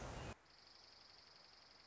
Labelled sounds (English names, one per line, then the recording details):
Dark-eyed Junco
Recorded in Sonoma County, California